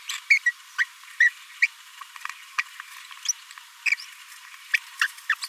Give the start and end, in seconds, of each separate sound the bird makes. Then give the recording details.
0.08-0.11, 0.30-0.38, 0.46-0.51, 0.78-0.84, 1.20-1.30, 1.62-1.67, 2.58-2.60, 3.28-3.32, 3.85-3.90, 4.73-4.77, 5.01-5.07, 5.29-5.34, 5.42-5.47. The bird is a male. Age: 26 days. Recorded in a nest box in Venezuela. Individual 17B42A3